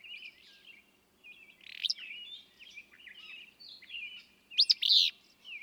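Willow flycatcher with a rough buzzy note near 2 seconds and a sharp sneezy double phrase near 5 seconds, against continuous chattering from other songbirds.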